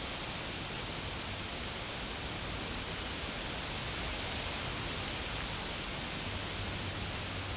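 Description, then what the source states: Insects sing in a high, sizzling drone that pauses once briefly, then softens during the final seconds; low hum underneath. Recorded in a field.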